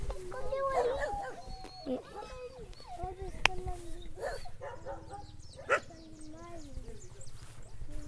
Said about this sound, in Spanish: Vou lá gravar os cachorros.